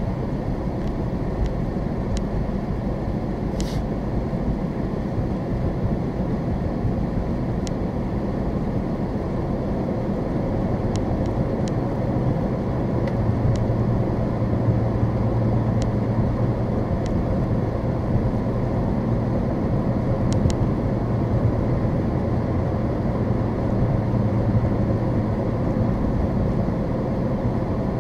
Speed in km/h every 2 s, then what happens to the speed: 42, 45, 47, 50, 53, 60, 64, 66, 66, 66, 66, 66, 64, 63.
0-13 speeds up to 66. 13-28 steady at about 66.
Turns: none.